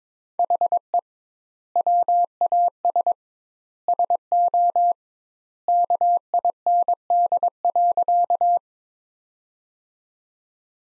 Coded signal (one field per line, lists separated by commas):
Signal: Morse code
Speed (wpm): 22 wpm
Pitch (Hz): 700 Hz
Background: none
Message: HE WAS SO KIND.